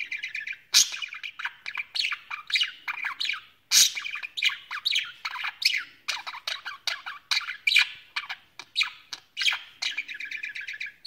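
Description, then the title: Budgerigar warbling continuously, a dense stream of scratchy chirps, clicks and sharp squawks with hardly any gaps, occasional louder bursts cutting through. "Budgie Sounds"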